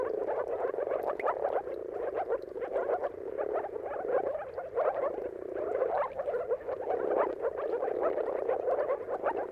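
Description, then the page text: Massed moor frog mating calls, bubbling and overlapping, rising and falling gently in intensity throughout. Chorus of moor frogs giving mating calls at sunrise at the turn of March and April, timing depending on the weather. "Jakub-Orzecki moor frogs. Dawn’s Chorus: Mating Calls of Marsh Frogs at Sunrise. Depending on the weather at the turn of March and April, you can witness an amazing spectacle of moor frogs"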